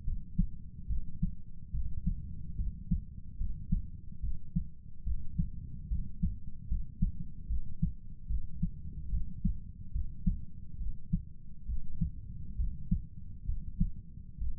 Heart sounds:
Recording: heart sounds by stethoscope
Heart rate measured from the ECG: 71 bpm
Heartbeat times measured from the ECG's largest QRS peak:
0.05 s: heartbeat
0.88 s: heartbeat
1.72 s: heartbeat
2.57 s: heartbeat
3.38 s: heartbeat
4.21 s: heartbeat
5.04 s: heartbeat
5.89 s: heartbeat
6.69 s: heartbeat
7.48 s: heartbeat
8.28 s: heartbeat
9.11 s: heartbeat
9.93 s: heartbeat
10.78 s: heartbeat
11.67 s: heartbeat
12.57 s: heartbeat
13.46 s: heartbeat
14.39 s: heartbeat
From the record:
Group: healthy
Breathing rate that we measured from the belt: 18 breaths a minute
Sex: male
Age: 35 years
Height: 180 cm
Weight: 86.9 kg

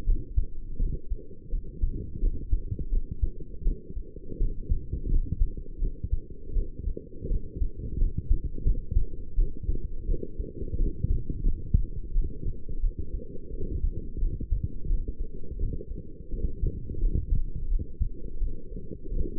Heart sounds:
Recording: heart sounds by stethoscope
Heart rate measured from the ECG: 85 bpm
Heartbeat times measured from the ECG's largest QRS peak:
0.05 s: heartbeat
0.78 s: heartbeat
1.50 s: heartbeat
2.20 s: heartbeat
2.90 s: heartbeat
3.63 s: heartbeat
4.38 s: heartbeat
5.08 s: heartbeat
5.80 s: heartbeat
6.53 s: heartbeat
7.28 s: heartbeat
7.98 s: heartbeat
8.63 s: heartbeat
9.35 s: heartbeat
10.07 s: heartbeat
10.77 s: heartbeat
11.42 s: heartbeat
12.12 s: heartbeat
12.81 s: heartbeat
13.51 s: heartbeat
14.19 s: heartbeat
14.87 s: heartbeat
15.58 s: heartbeat
16.30 s: heartbeat
17.00 s: heartbeat
17.68 s: heartbeat
18.39 s: heartbeat
19.09 s: heartbeat
From the record:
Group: healthy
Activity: light exercise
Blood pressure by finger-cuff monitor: 101/67 mmHg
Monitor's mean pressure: 80 mmHg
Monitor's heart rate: 85 bpm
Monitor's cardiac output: 6.7 L/min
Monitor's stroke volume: 79 mL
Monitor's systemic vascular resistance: 860 dyn s/cm5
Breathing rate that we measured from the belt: 21 breaths a minute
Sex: female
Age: 22 years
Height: 160 cm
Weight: 45 kg

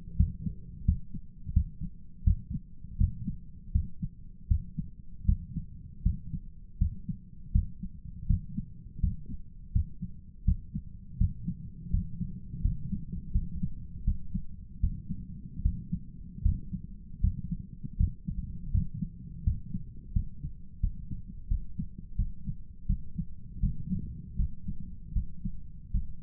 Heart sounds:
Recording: heart sounds by stethoscope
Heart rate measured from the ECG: 82 bpm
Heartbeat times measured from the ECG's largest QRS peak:
0.16 s: heartbeat
0.84 s: heartbeat
1.53 s: heartbeat
2.23 s: heartbeat
2.97 s: heartbeat
3.72 s: heartbeat
4.47 s: heartbeat
5.25 s: heartbeat
6.02 s: heartbeat
6.78 s: heartbeat
7.52 s: heartbeat
8.27 s: heartbeat
9.00 s: heartbeat
9.72 s: heartbeat
10.44 s: heartbeat
11.17 s: heartbeat
11.90 s: heartbeat
12.61 s: heartbeat
13.32 s: heartbeat
14.04 s: heartbeat
14.80 s: heartbeat
15.62 s: heartbeat
16.42 s: heartbeat
17.20 s: heartbeat
17.96 s: heartbeat
18.71 s: heartbeat
19.43 s: heartbeat
20.12 s: heartbeat
20.80 s: heartbeat
21.48 s: heartbeat
22.16 s: heartbeat
22.86 s: heartbeat
23.60 s: heartbeat
24.36 s: heartbeat
25.13 s: heartbeat
25.91 s: heartbeat
From the record:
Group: healthy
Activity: rest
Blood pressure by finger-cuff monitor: 148/86 mmHg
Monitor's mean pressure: 100 mmHg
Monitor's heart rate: 81 bpm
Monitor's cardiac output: 7.7 L/min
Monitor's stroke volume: 95 mL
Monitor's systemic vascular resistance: 950 dyn s/cm5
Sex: male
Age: 57 years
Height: 188 cm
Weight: 106 kg

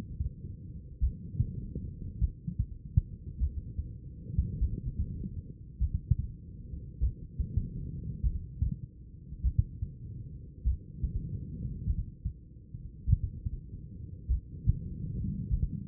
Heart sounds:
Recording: heart sounds by stethoscope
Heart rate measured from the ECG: 50 bpm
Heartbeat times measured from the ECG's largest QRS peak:
0.99 s: heartbeat
2.19 s: heartbeat
3.37 s: heartbeat
4.58 s: heartbeat
5.78 s: heartbeat
6.99 s: heartbeat
8.21 s: heartbeat
9.41 s: heartbeat
10.62 s: heartbeat
11.84 s: heartbeat
13.05 s: heartbeat
14.26 s: heartbeat
15.48 s: heartbeat
From the record:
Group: heart failure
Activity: rest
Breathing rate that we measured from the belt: 18 breaths a minute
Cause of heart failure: idiopathic cardiomyopathy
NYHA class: 2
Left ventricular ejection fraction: 53%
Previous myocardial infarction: absent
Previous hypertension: present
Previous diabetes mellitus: absent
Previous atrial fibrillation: present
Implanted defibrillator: absent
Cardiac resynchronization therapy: absent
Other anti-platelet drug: absent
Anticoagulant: apixaban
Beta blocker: bisoprolol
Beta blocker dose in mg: 2.5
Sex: female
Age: 67 years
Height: 150 cm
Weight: 81 kg

